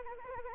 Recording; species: mosquito wingbeat signal from an infrared sensor; Anopheles arabiensis